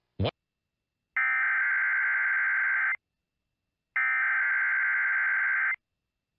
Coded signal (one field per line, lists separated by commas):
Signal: Emergency Alert System (SAME) tones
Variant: header bursts